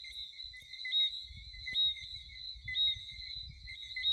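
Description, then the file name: Chorus of frogs giving a continuous shrill trilling drone, gently pulsing about once a second, with soft low rumble underneath and a brief click midway. "Chant de grenouilles - Sound of frog"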